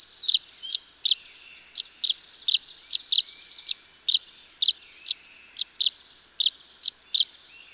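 Tree swallow chirps: crisp, fairly evenly spaced high notes after a short opening twitter.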